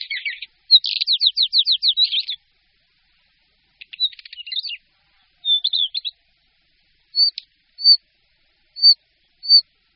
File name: Bělořit-šedý